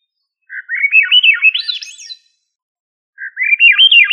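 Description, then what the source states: Thrush song in fluid warbling phrases of looping, slurred notes rising toward a high finish, a second phrase starting after a brief silence; clean background. Family Turdidae; local name sabiá.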